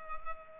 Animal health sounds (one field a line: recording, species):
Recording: mosquito wingbeat signal from an infrared sensor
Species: Culex pipiens